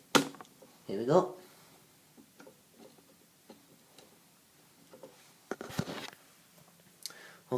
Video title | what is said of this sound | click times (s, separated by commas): Knex H&k G3 (working) | put in and tell you hear click here | 0.2 s